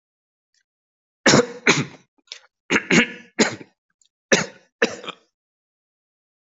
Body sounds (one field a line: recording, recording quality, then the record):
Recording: shallow voluntary cough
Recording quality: excellent, no background noise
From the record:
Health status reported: healthy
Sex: male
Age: 35 years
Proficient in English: yes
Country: India